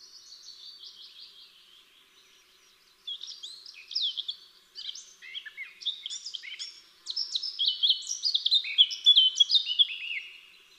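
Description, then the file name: Eurasian blackcap warbling: soft twittering at first, then louder bursts of jumbled, varied notes that grow denser toward the end. "Sylvia atricapilla"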